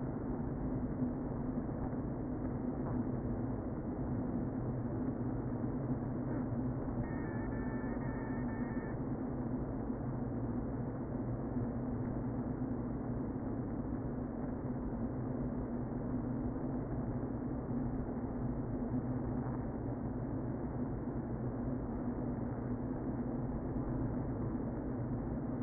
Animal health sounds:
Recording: honeybee colony, microphone inside the hive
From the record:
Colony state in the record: queen present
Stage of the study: before two queens were removed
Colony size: about 60,000 bees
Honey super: yes

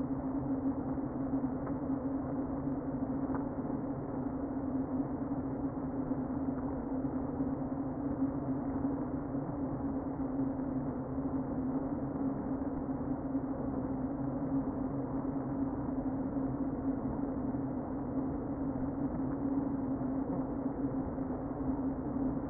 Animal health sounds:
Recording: honeybee colony, microphone inside the hive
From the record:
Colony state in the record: queen present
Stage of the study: before two queens were removed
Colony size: about 60,000 bees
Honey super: yes

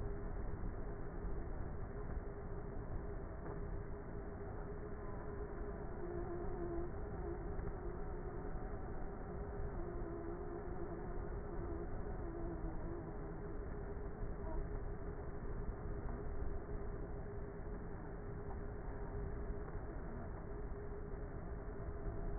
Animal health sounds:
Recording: honeybee colony, microphone inside the hive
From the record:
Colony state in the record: queenless with a low population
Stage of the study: before two queens were removed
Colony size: about 30,000 bees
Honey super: no

